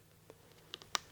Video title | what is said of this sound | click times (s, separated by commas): Making a Leather Fringe Purse | caps and I love the double caps you can actually hear them snap down it's a great rivet too | 0.7 s, 0.9 s